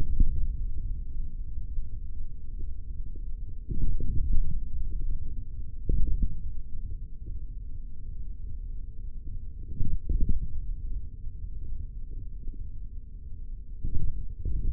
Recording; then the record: forearm muscle sounds (acoustic myography)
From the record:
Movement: hand closing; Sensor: system 3, bracelet of six PUI Audio POM-2738L microphones around the upper forearm, with dedicated amplification and filtering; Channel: 4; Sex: male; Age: 43 years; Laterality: right